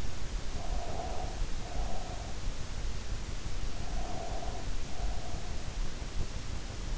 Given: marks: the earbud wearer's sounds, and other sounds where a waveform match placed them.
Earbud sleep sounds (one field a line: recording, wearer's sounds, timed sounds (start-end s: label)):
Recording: sounds in sleep by an in-ear microphone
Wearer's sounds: breath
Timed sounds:
0.46-2.44 s: breath
3.81-5.69 s: breath